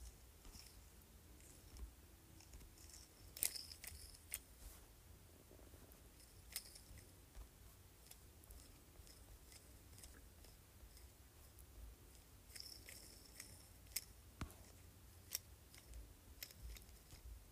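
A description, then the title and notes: A jade roller makes scattered sharp clicks and light taps, irregular and a few seconds apart, bunching up near 3 seconds and again around 12 to 15 seconds. Between them there is a soft rubbing hiss over a steady low hum. ASMR Jade Roller.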